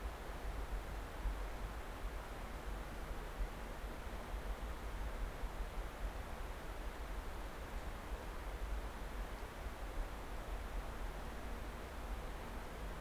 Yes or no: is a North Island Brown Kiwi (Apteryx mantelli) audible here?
no